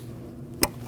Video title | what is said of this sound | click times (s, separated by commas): How to Replace Fuel Transfer Unit 2014-2023 Jeep Cherokee | Make sure you hear the click. | 0.6 s